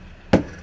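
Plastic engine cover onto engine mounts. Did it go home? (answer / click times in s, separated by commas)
no / none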